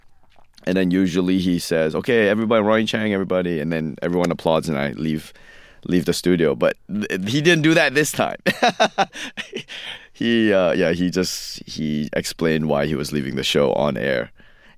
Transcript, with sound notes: And then usually he says, OK, everybody, Ronny Chieng, everybody. And then everyone applauds and I leave the studio. But he didn't do that this time (laughter). He - yeah, he just - he explained why he was leaving the show on air.